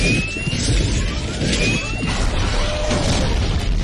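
An explosion sound effect: a dense, steady roar of crashing, booming noise fills the whole stretch, with thin whistling tones gliding through it and no one speaking.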